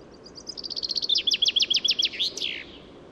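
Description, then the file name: Common chaffinch song, high thin notes accelerating into a dropping rattle of strokes and finishing with a rising, slurred end flourish. "Fringilla coelebs"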